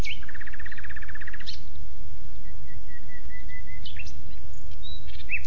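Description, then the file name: Common nightingale singing a fast pulsed trill, then a long even run of soft repeated notes and a few sharp whistles, with low background rumble. "Luscinia megarhynchos"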